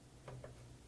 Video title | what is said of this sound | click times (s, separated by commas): $1,500 Build - i7-7700k - Part 3 - Build Video | we push down on either end using our fingers and click and click | 0.3 s, 0.4 s